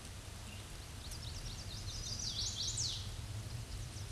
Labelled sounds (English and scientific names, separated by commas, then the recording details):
Chestnut-sided Warbler (Setophaga pensylvanica) song
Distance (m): 15 m
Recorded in a Pennsylvania forest on 18 May 2023 at 07:58
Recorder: AudioMoth, point grid1_40_low
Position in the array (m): 132 m, 204 m